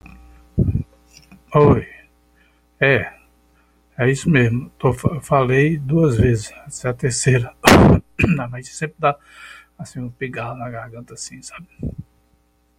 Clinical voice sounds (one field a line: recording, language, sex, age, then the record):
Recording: short text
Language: Brazilian Portuguese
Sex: male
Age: 60 to 69 years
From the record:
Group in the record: control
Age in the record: 62 years